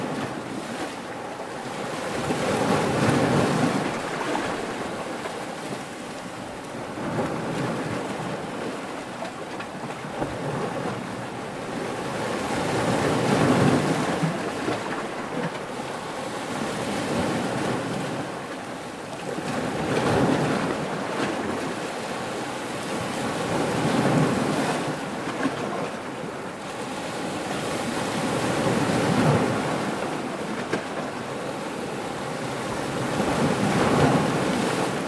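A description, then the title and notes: Ocean waves wash over a pebble beach in steady surges every five to six seconds, with a constant hiss and light wind between them. Pebbles By The Beach Ambience | Relaxing Ocean Wave Sounds.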